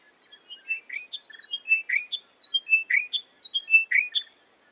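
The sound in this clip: Chiming wedgebill repeating a falling chain of whistled notes roughly every second, with a few softer buzzy notes between phrases.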